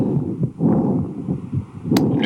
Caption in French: Un enregistrement réalisé au stéthoscope, de quelqu'un qui souffre d'une maladie. Pneumonie. C'est une sorte de râle comme ça.